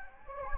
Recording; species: mosquito wingbeat signal from an infrared sensor; Anopheles gambiae